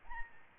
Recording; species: mosquito wingbeat signal from an infrared sensor; Aedes albopictus